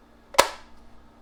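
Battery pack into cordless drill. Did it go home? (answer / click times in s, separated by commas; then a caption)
yes / 0.4 s. A battery pack is lined up by its two grooves and slid onto the plastic base of an Avid Power ACD316 cordless drill. A faint sliding sound at 0.3 s leads into a single sharp, bright click at 0.4 s that rings out briefly. The battery latches into place and the drill is powered on.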